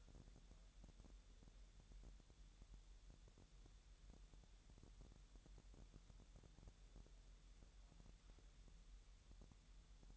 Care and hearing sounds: daily activity, microphone in the room; wipe stove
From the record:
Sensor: 3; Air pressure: 1000.8 hPa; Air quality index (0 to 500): 248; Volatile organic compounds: 174 ppm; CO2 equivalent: 4121 ppm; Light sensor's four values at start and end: 12/27/11/11 and 12/27/11/11

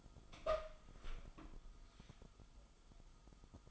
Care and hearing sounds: daily activity, microphone in the room; open door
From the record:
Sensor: 5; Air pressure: 1005.1 hPa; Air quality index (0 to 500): 93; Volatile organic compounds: 2 ppm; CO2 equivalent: 1127 ppm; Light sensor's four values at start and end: 35/81/32/31 and 35/81/32/31

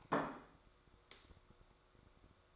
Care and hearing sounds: daily activity, microphone in the room; place plate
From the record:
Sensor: 3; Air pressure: 1004.3 hPa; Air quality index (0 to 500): 197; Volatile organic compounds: 14 ppm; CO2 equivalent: 2468 ppm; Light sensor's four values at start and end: 5/11/4/4 and 5/11/4/4

